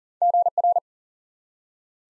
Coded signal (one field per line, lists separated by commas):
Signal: Morse code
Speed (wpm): 38 wpm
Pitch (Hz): 700 Hz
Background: none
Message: GR